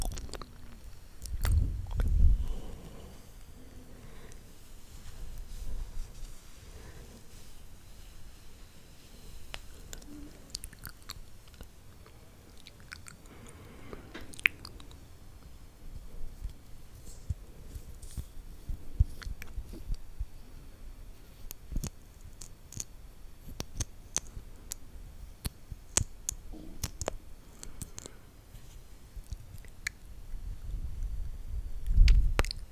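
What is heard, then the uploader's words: Soft, wet mouth sounds during lipgloss application: sticky lip smacks, small clicks and kiss-like pops scattered irregularly through the whole clip. A few louder, low thumping bursts stand out near the start, around two seconds, and again right at the end, over a quiet hiss. Lipgloss application.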